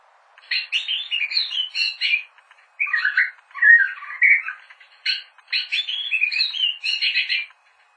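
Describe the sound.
Bird singing in three bursts of dense, scratchy chattering warbles, separated by short pauses.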